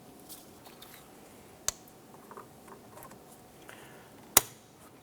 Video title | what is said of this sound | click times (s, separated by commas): How to Replace Ignition Coils 2005-2007 Ford Five Hundred | press that on you'll hear it snap into place | 4.4 s